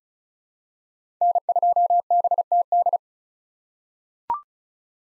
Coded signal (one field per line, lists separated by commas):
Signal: Morse code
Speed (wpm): 34 wpm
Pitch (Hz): 700 Hz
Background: none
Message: N2BTD